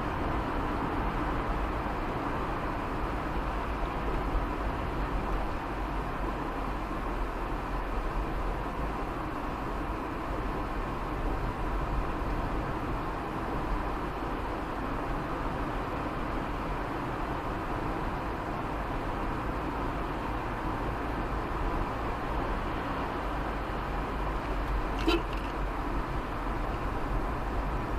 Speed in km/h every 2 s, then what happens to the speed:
62, 59, 57, 55, 54, 53, 54, 55, 56, 56, 57, 57, 54, 51.
0-7 slows to 54. 7-22 steady at about 55. 22-28 slows to 51.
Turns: none.